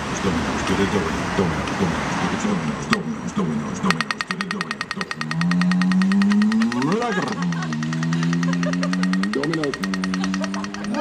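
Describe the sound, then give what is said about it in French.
A Domino's Pizza electric delivery scooter's warning sound in the Netherlands: a steady synthetic hum over rapid, buzzing ticks, its pitch swooping upward twice, after a few seconds of noisy street sound. “Scooter électrique de Domino's Pizza aux Pays-Bas.”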